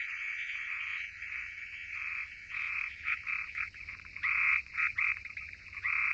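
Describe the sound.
Frog chorus, a steady rasping drone at first, then separate loud croaking bursts breaking out in the second half.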